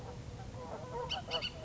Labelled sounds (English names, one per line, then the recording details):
Bullock's Oriole
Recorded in Sonoma County, California